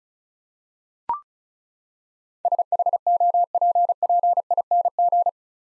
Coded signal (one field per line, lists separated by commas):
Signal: Morse code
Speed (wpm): 36 wpm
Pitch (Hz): 700 Hz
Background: none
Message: SHOPPING